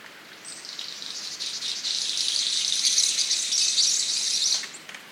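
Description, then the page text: King of Saxony bird-of-paradise: a short thin high whistle, then a long crackling, static-like buzz that builds over about four seconds and stops abruptly. "Чешуйчатая райская птица - King of Saxony Bird-of-paradise (Pteridophora alberti). The Birb"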